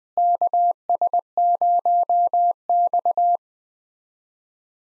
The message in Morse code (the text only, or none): KS0X